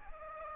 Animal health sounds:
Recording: mosquito wingbeat signal from an infrared sensor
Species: Aedes aegypti

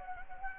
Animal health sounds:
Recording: mosquito wingbeat signal from an infrared sensor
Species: Anopheles gambiae

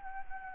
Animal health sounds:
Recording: mosquito wingbeat signal from an infrared sensor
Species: Anopheles gambiae

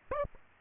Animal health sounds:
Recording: mosquito wingbeat signal from an infrared sensor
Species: Aedes aegypti

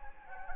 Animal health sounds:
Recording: mosquito wingbeat signal from an infrared sensor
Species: Anopheles gambiae

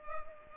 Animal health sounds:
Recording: mosquito wingbeat signal from an infrared sensor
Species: Culex pipiens

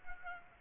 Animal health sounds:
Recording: mosquito wingbeat signal from an infrared sensor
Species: Aedes aegypti

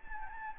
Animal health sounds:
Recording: mosquito wingbeat signal from an infrared sensor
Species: Anopheles gambiae

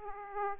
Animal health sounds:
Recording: mosquito wingbeat signal from an infrared sensor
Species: Aedes aegypti

